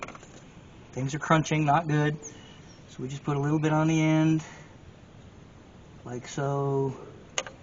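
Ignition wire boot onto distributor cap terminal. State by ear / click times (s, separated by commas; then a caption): seated / 7.4 s. A spark plug wire boot with a little grease on its end is pushed onto a terminal of a new distributor cap on a Mitsubishi Mirage that has no spark, no fuel pressure, and has been sitting for years. Someone talks over low background noise. A sharp click at 7.4 s marks the boot seating onto the terminal.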